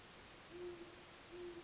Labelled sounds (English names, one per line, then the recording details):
Great Horned Owl
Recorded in Sonoma County, California